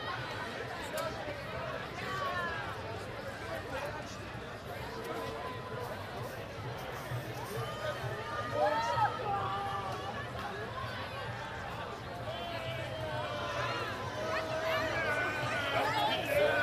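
A crowd celebrates in the centre of The Hague after the win over Brazil: many voices talk and call out at once in a dense, continuous babble over a steady low hum. Louder shouts rise around the middle and again near the end.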